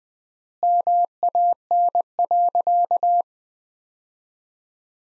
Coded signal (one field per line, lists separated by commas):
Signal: Morse code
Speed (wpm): 21 wpm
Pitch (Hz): 700 Hz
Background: none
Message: MAN.